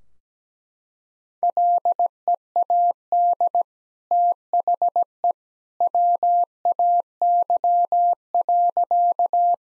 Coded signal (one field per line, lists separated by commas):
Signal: Morse code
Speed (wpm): 17 wpm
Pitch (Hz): 700 Hz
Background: none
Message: LEAD THE WAY.